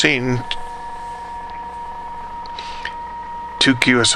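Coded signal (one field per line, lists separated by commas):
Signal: PSK31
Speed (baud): 31.25 baud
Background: speech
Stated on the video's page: PSK-31 QSOs made with Digipan on an FT-817 at 5 watts.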